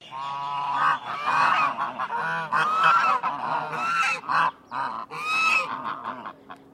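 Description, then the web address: Chinese goose honking: loud, harsh nasal honks from several birds overlap almost continuously, some notes rising into trumpet-like calls, with brief pauses between bursts. "Sound Effects-Foundation 1 BIRD GEESE CHINESE HONK"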